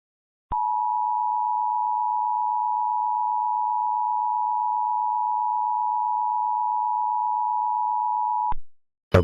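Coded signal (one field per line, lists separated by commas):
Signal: Emergency Alert System (SAME) tones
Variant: 853 and 960 Hz attention tone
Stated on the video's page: Remake of a hazardous materials warning from civil authority, issued through IPAWS.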